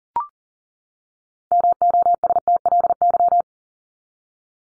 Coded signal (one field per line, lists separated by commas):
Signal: Morse code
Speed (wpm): 40 wpm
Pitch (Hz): 700 Hz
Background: none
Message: MOSTLY